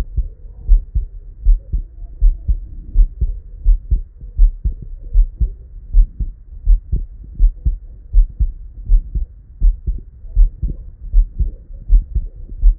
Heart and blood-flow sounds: heart sounds by stethoscope; Erb's point; 80 bpm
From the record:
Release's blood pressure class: normal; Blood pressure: 115/64 mmHg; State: at rest

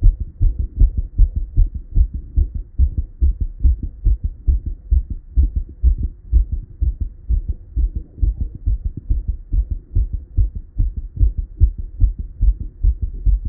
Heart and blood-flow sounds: heart sounds by stethoscope; Erb's point; 143 bpm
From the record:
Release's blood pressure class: hypertension stage 2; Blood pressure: 151/108 mmHg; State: at rest

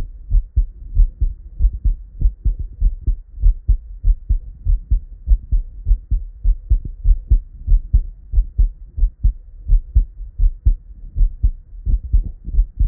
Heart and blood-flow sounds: heart sounds by stethoscope; Erb's point; 93 bpm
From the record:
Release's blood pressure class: elevated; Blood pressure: 121/65 mmHg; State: at rest

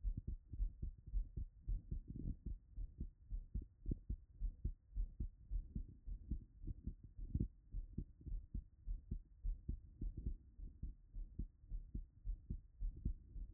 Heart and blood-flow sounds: heart sounds by stethoscope; Erb's point; 109 bpm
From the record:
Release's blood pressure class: elevated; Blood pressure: 123/76 mmHg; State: after exercise

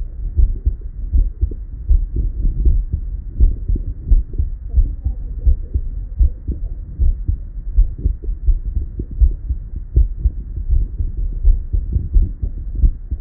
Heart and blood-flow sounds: heart sounds by stethoscope; Erb's point; 83 bpm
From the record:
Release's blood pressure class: elevated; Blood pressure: 126/60 mmHg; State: at rest

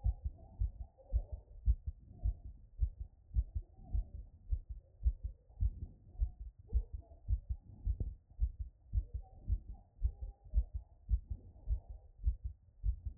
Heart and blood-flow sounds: heart sounds by stethoscope; Erb's point; 103 bpm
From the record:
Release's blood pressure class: hypertension stage 1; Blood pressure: 130/67 mmHg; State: after exercise

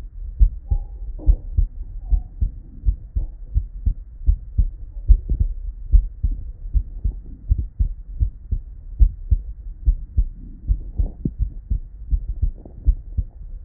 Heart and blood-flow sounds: heart sounds by stethoscope; Erb's point; 75 bpm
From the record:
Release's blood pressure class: normal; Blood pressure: 99/53 mmHg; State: at rest

